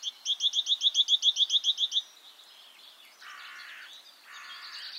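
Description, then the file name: Great tit chattering call: a steady, rapid string of scratchy notes over about two seconds, then bursts of rushing noise. "Parus major"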